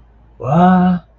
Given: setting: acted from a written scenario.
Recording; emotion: vocal sound without words; confusion